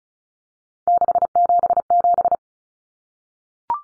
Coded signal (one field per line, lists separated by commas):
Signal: Morse code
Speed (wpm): 34 wpm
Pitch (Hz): 700 Hz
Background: none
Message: 677